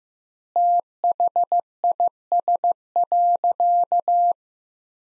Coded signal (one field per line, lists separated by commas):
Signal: Morse code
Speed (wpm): 16 wpm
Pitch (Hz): 700 Hz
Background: none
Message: THIS.